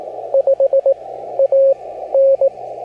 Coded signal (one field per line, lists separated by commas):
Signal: Morse code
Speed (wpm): 17 wpm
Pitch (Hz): 560 Hz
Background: radio noise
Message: 5 A N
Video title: MORSE CODE: AN AUDITORY JOURNEY #cw #morsecode